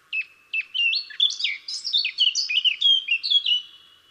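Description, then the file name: Eurasian blackcap song: two sharp introductory notes, then a quick, dense warble of sliding, flute-like whistles. "Sylvia atricapilla"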